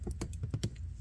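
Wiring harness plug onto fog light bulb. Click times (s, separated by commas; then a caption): 0.6 s. A wiring harness plug is lined up on a new fog light bulb for a Jeep Renegade and pushed in, with a series of short, light clicking and tapping sounds. The plastic connector latches with a very soft click at 0.6 seconds, seating the plug on the bulb.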